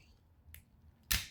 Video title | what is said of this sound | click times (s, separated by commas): Edoggz Reviews: Transformers Age of Primes Wreck 'N Doom collection Autobot Sandstorm. Part.2 | until they click into place. Right. | 0.5 s, 1.1 s